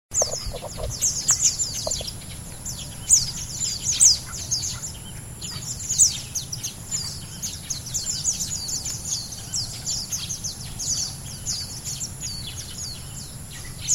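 Lowland white-eye flock calls: dense, thin, high chips and twitters overlapping throughout, with louder bursts at intervals, over a low steady rumble.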